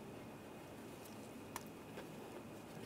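After the lower O2 sensor electrical connector on a 2010-2016 Cadillac SRX is plugged together and locked, its connector position assurance safety lock tab is pushed into place. A single short, sharp click at 1.6 s stands out over steady broadband background noise. The safety lock is confirmed seated.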